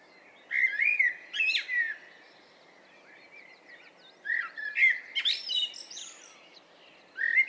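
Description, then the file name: Common blackbird gives a flute-like warble with a twittery tail, pauses, then sings a second phrase with high squeaks, against soft steady background noise. "Turdus merula"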